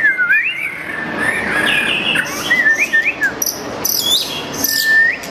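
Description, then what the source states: White-rumped shama giving flowing, slurred whistles in the middle range, overlaid by thin high notes and short trills. Training recording (masteran) for cage birds.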